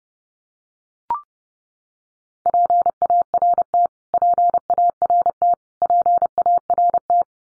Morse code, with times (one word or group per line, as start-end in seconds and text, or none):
2.5-3.9 PART
4.1-5.5 PART
5.8-7.2 PART